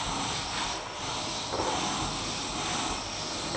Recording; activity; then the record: daily activity, microphone in the room; vacuum cleaning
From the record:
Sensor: 1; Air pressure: 999.3 hPa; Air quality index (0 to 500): 206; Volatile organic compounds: 48 ppm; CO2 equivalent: 3262 ppm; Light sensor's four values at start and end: 7/17/6/7 and 6/15/6/6